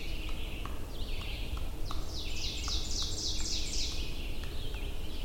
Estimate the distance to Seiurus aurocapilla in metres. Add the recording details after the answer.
about 60 m. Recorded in boreal forest in Alberta, Canada, on 22 June 2016 at 07:50. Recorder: SongMeter 3, array SBT-6-76. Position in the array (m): 154 m, 120 m. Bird 3